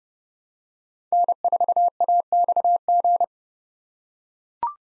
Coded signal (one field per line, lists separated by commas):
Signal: Morse code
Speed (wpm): 30 wpm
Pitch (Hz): 700 Hz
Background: none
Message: N4AXG